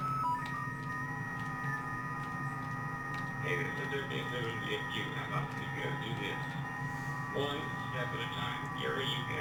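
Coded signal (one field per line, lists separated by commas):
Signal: FT8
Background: speech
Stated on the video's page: FT8 operation using WSJT-X.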